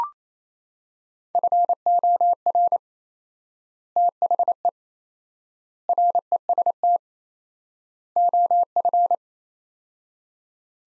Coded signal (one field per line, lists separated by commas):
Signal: Morse code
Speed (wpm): 27 wpm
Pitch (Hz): 700 Hz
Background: none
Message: FOR THE REST OF